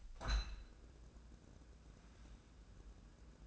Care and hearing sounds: daily activity, microphone in the room; open window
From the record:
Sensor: 2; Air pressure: 1012.1 hPa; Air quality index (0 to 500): 127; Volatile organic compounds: 1 ppm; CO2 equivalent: 940 ppm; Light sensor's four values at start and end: 166/400/168/175 and 165/397/167/175

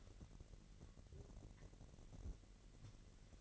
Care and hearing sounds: daily activity, microphone in the room; take from stove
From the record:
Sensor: 4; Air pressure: 1012.8 hPa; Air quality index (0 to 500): 236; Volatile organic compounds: 4 ppm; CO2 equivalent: 1574 ppm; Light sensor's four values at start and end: 28/67/27/27 and 28/67/28/28

